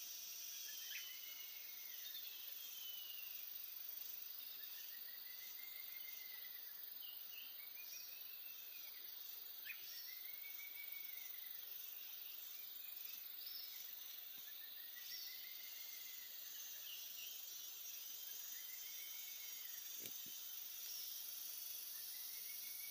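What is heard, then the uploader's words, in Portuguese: Tropical Atlantic forest ambience: a dense, steady high hiss of insects fills the air throughout. Over it, a bird repeats soft arching whistles every few seconds, and a brief sharp click sounds near the twentieth second. Mata Atlântica-Floresta Tropical. FLORESTAS TROPICAIS DE ALTURA (NUBLADAS). As florestas nessas montanhas se chamam florestas nubladas.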